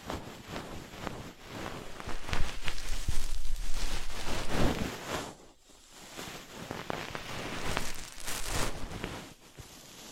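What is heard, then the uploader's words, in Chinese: Ear picking, a dense run of scratchy, crackling rubs that come in quick irregular bursts. The scraping grows louder from about two to five seconds, fades to a near hush around six, then builds again before easing at the end. 姐姐抠耳朵催眠13（声控助眠）。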